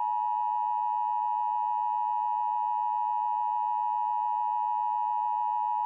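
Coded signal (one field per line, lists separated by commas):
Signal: Emergency Alert System (SAME) tones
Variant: 853 and 960 Hz attention tone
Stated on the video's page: Fictional EAS scenario, a simulated alert.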